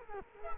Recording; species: mosquito wingbeat signal from an infrared sensor; Culex quinquefasciatus